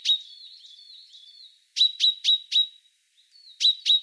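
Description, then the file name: Common chaffinch opening with a soft, wavering run of notes, followed by a burst of loud, sharp metallic calls and two more after a pause. "Fringilla coelebs"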